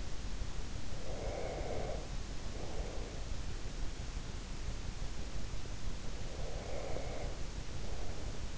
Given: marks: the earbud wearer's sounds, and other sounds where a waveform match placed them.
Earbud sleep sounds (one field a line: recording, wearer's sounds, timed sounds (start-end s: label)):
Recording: sounds in sleep by an in-ear microphone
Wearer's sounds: breath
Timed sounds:
0.93-3.33 s: breath
6.15-8.58 s: breath